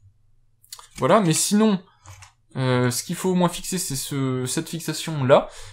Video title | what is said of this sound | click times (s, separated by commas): Le thermostat connecté Netatmo: Déballage, Installation, Utilisation et Avis ! | cette claque vient se clipser ici si en plus vous voulez une plaque de propreté voilà | 0.7 s